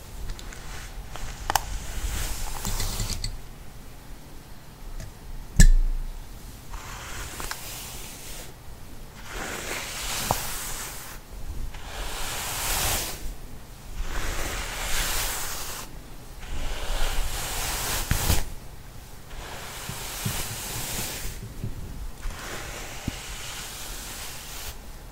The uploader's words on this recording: ASMR Brushing Sounds I Hair Brushing.